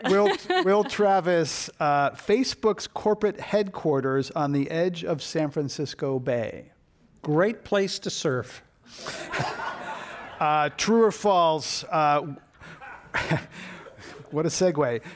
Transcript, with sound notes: Will Travis. Facebook's corporate headquarters on the edge of San Francisco Bay.
Great place to surf.
[Laughter]
True or false. What a segue.